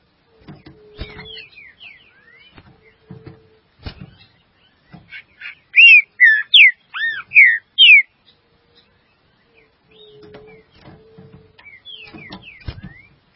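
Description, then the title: Green-winged saltator song: a short burst of loud, arched whistled notes in the middle, surrounded by faint clicks, knocks and other soft bird whistles. "Trinca Ferro"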